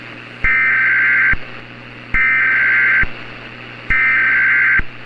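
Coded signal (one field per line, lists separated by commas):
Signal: Emergency Alert System (SAME) tones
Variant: header bursts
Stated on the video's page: Fictional EAS scenario, simulated tones, not a real alert.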